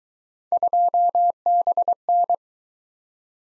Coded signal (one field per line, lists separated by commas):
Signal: Morse code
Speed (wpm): 21 wpm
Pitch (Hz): 700 Hz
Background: none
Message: 2BN